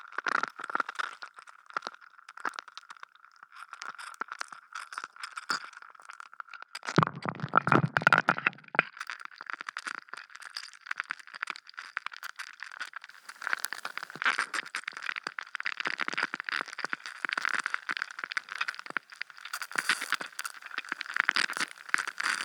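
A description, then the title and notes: Ice cracks and crackles in dense, rapid snaps, with a deeper crunching burst around seven seconds and busier crackling after thirteen. Sounds of ice cracking. Recorded with a homemade stereo hydrophone.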